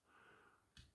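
A silvery plastic piece of a transforming action figure is pushed further into the figure's foot. A soft, steady scraping hiss is heard before a single short, sharp snap at 0.8 s. The part goes into place.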